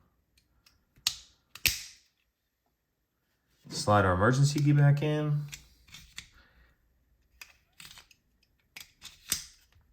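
The outer plastic cover of a 2014–2018 Mini Cooper remote key fob is pushed back onto the fob after a battery change, snapping on with loud plastic clicks at 1.1 s and 1.7 s. Someone then talks, followed by a few quieter clicks and handling noises. The cover is seated.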